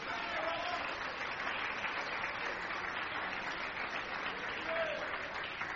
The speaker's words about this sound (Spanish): Dale un aplauso a Cristo, que Él se lo merece.